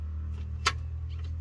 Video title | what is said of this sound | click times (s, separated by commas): Bringing my NEGLECTED Big Block 4 Speed Polara 500 Back to LIFE! | he's helping there's reverse you hear the clunk | 0.7 s